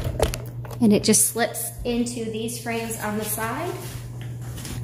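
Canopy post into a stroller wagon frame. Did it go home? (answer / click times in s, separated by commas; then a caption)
no / none. A canopy post is slipped into the side frame tube of a Baby Trend Tour LTE 2-in-1 stroller wagon while someone talks. A few short handling knocks and taps sound near the start, with a steady low hum throughout. Nothing has seated or clicked yet.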